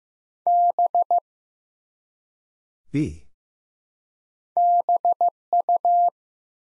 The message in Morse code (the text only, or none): B BU